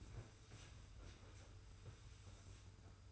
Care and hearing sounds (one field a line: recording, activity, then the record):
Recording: daily activity, microphone in the room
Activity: sweep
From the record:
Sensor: 2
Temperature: 25.1 degrees Celsius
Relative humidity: 42.2%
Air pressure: 991.2 hPa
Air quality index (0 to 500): 147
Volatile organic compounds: 362 ppm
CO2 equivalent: 4605 ppm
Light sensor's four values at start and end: 41/117/46/44 and 40/113/45/43